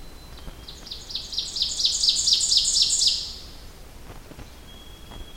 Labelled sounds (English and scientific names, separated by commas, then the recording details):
Ovenbird (Seiurus aurocapilla) song
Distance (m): 5 m
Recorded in boreal forest in Alberta, Canada, on 21 June 2016 at 06:33
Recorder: SongMeter 3, array SBT-6-81
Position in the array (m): 15 m, 84 m
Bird 24